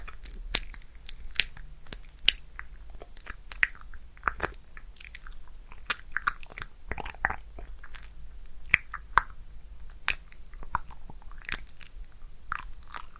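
Mouth sounds at a lapel mic: dense, irregular wet clicks, smacks and crunchy chewing, in sharp bursts every fraction of a second over a low hum.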